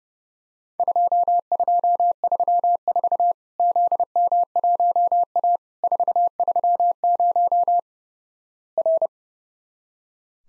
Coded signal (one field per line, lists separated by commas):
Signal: Morse code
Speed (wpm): 32 wpm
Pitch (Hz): 700 Hz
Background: none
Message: 2234 ZM1A 430 R